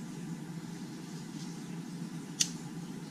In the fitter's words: click you hear that